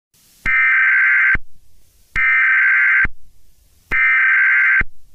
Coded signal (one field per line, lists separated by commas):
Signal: Emergency Alert System (SAME) tones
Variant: header bursts